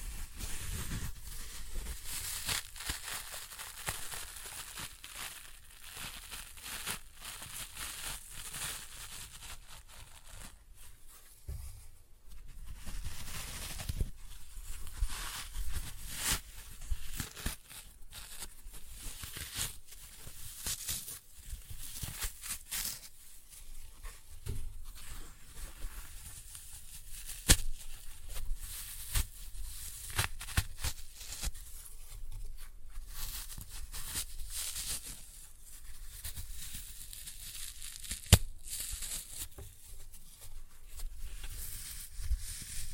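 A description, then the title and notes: Floral foam being crushed by hand, a dense, continuous crackle and crumble with a dry, bright hiss across the whole clip. Small crisp snaps and louder crunches pop out irregularly, notably around 12, 27 and 38 seconds, recorded close up in a quiet room. Floral Foam Glitter Bomb Crushing.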